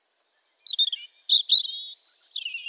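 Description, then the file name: European robin song: a thin high whistle followed by a quick run of tumbling, warbling notes and a sharp high flourish near the end. "Erithacus rubecula"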